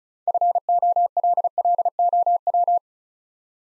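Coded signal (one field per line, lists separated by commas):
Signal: Morse code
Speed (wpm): 36 wpm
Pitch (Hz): 700 Hz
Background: none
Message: FOLLOW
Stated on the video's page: Morse practice of 6-letter words at 35 wpm; first letters are spoken, then each word is sent twice.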